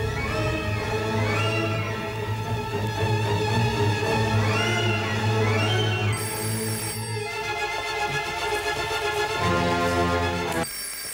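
A telephone rings continuously, a loud, bright warbling tone with layered pitched harmonics that rise and fall in repeating bursts, with no voices over it.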